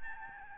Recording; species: mosquito wingbeat signal from an infrared sensor; Aedes albopictus